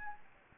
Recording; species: mosquito wingbeat signal from an infrared sensor; Anopheles gambiae